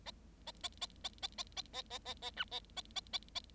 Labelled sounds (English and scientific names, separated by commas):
Bengalese Finch (Lonchura striata domestica) song